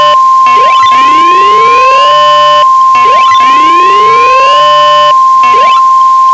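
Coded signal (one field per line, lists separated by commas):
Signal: Emergency Alert System (SAME) tones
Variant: 1050 Hz attention tone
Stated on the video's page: Fictional EAS scenario about a climate calamity, simulated.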